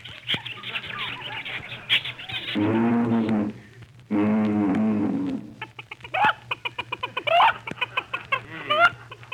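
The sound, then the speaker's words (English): Chickens cluck in quick, uneven bursts of short clipped notes at the Central Park Zoo, following two long, drawn-out animal calls, all over a steady low hum. “Having chicken for dinner.”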